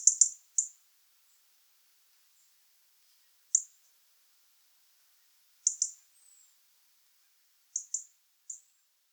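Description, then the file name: European robin uttering single and paired high ticks at irregular intervals, with a faint thin sliding note, otherwise quiet. "Erithacus rubecula"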